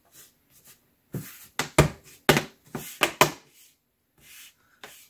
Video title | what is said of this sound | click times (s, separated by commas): Asus TUF Gaming TUF506QM ES74 (A15) 2021 M.2 Install | You should hear it click in place. | 1.6 s, 1.8 s, 2.3 s, 3.0 s, 3.2 s